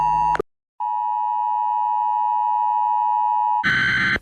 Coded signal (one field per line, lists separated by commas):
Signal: Emergency Alert System (SAME) tones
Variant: 853 and 960 Hz attention tone